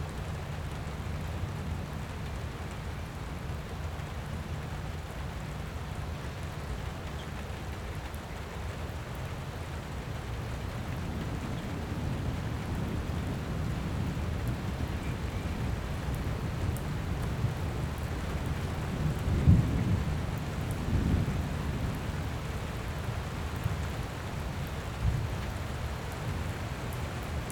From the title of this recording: A Light Pleasant Rain